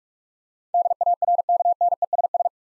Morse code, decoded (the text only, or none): DARKNESS